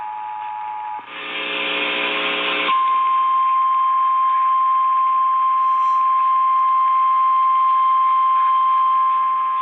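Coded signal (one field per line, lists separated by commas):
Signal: Emergency Alert System (SAME) tones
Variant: 853 and 960 Hz attention tone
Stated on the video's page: AMBER Alert received on AM broadcast stations at 1510 kHz and 650 kHz, briefly 990 kHz.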